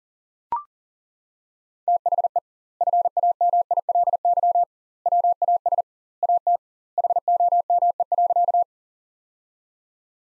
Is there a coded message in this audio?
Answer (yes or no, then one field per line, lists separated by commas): yes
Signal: Morse code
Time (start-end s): 1.9-8.6 s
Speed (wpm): 40 wpm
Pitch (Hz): 700 Hz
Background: none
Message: THE FAMILY WAS AT HOME.